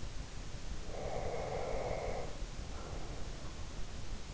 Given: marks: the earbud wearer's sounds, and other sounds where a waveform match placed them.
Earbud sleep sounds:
sounds in sleep by an in-ear microphone; breath
0.90-3.84 s: breath
1.35-3.73 s: sound from someone else or the room

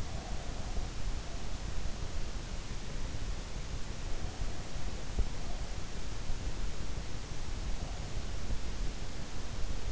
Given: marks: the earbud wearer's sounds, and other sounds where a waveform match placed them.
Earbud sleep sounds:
sounds in sleep by an in-ear microphone; breath
0.00-1.85 s: breath

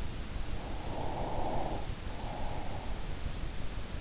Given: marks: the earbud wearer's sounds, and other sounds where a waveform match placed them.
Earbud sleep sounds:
sounds in sleep by an in-ear microphone; breath
0.56-3.38 s: breath

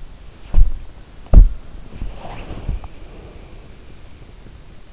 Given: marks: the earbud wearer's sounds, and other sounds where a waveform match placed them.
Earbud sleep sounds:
sounds in sleep by an in-ear microphone; body movement
0.02-4.79 s: body movement

